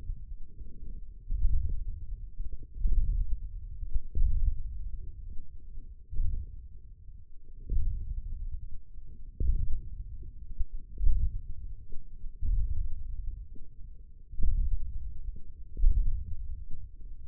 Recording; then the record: forearm muscle sounds (acoustic myography)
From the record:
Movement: ulnar deviation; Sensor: system 1, eight BSWA MPA416 microphones around the upper forearm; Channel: 3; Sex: male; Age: 28 years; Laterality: right